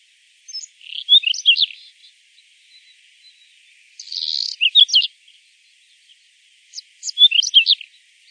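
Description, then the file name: Common reed bunting song: three brief, scratchy phrases of quick chips, a few seconds apart. "Zigolo di palude"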